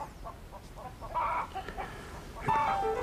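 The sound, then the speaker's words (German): Small chickens cluck in short, nasal bursts, with a louder run of harsh squawking calls rising at the end over a faint background hiss. “Du, deine kleinen Hühner rücken ab.”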